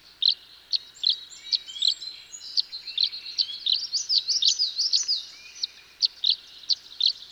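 Tree swallow chirping, then breaking into a fast liquid gurgling warble before returning to single high chirps.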